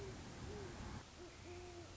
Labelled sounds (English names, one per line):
Great Horned Owl